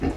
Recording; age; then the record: pig call; growing-finishing pig (85 days or more)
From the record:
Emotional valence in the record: negative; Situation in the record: barren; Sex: female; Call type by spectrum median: low-frequency call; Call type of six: low-frequency stable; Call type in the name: low-frequency stable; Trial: 4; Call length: 0.17 s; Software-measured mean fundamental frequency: 40 Hz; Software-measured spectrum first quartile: 144 Hz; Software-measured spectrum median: 286 Hz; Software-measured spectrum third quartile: 537 Hz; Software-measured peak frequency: 70 Hz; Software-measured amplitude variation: 124 dB a second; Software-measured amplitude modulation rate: 14.8 a second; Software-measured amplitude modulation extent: 8.4 dB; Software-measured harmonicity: -1.4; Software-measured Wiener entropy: -0.57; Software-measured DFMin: 625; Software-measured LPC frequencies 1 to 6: 1885, 2672, 4152, 5022, 5716, 7369 Hz